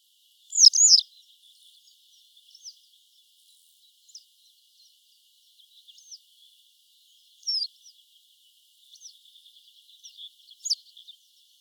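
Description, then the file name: Western yellow wagtail with a strong call near the start, then scattered short, faint calls, including a louder one midway and another near the end. "Motacilla flava"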